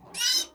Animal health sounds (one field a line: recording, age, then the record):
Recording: pig call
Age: piglet (1 to 25 days)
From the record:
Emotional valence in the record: negative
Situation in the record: castration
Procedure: castration, cut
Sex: male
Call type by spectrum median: high-frequency call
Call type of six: mixed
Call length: 0.55 s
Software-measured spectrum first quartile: 3348 Hz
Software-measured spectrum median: 4797 Hz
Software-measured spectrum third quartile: 5737 Hz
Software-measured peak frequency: 5096 Hz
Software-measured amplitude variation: 133 dB a second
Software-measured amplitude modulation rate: 13.7 a second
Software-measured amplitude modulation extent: 9.8 dB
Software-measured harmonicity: 6.6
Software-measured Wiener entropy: -2.58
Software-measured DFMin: 540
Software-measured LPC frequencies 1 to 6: 1479, 1817, 2939, 3992, 5072, 6031 Hz